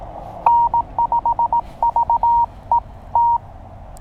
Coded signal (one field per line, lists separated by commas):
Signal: Morse code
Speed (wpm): 18 wpm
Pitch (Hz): 940 Hz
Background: none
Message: N5VET